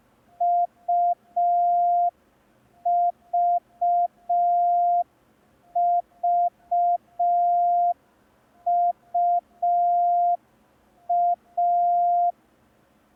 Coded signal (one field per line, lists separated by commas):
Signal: Morse code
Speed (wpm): 5 wpm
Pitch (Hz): 700 Hz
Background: none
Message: UVVUA